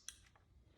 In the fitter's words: It has to be pulled out till it clicks.